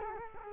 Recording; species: mosquito wingbeat signal from an infrared sensor; Culex quinquefasciatus